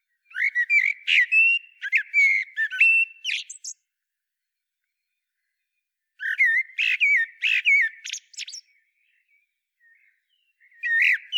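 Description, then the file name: Common blackbird song: two long phrases of warbled whistles and scratchy twitters separated by a pause of more than two seconds, with the start of a third phrase at the end. "Turdus merula"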